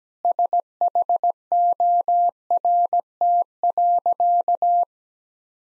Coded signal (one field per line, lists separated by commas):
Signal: Morse code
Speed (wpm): 17 wpm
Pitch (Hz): 700 Hz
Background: none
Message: SHORT.